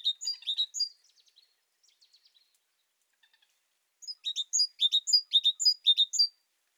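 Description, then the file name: Great tit giving bursts of high, clipped chips that tumble downward in pitch, with a few faint soft notes in a short lull before a second run of rapid phrases. "Parus major"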